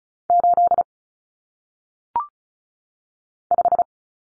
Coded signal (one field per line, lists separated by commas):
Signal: Morse code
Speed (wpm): 34 wpm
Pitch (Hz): 700 Hz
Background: none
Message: 8 5